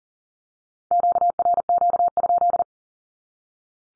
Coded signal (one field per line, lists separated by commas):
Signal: Morse code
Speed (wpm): 37 wpm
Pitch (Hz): 700 Hz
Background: none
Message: QRQ?